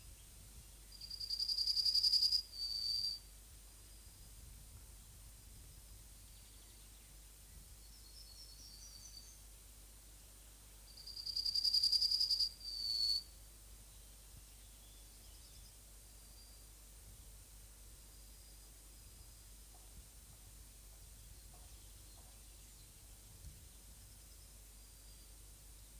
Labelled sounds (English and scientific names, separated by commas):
Yellowhammer (Emberiza citrinella) song